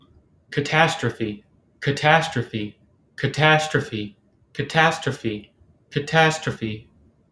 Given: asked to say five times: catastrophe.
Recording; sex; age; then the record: repeated word; male; 20 to 29 years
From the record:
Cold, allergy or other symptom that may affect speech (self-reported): no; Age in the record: 28 years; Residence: Connecticut, United States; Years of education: 20